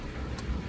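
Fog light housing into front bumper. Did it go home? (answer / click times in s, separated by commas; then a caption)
yes / 0.4 s. A fog light housing on a 2006 Acura TSX is pushed into the front bumper, and a short knock at 0.4 s marks it clicking into place over a steady low rumble. The fog light is seated.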